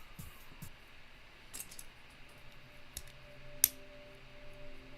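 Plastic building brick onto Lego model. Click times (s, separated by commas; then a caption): 3.6 s. A second plastic Lego brick is pressed onto a Lego model, with a few faint ticks and soft handling sounds before it. It seats with a sharp, louder click at 3.6 s, a better click than the first piece, followed by a faint lingering tone.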